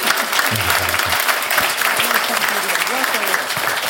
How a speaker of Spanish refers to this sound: Así que yo pido un aplauso para mis compañeros, que son lo más.